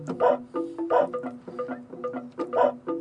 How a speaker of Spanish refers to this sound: ¿Qué carajo fue eso? Un perro. Debe ser un perro, sí.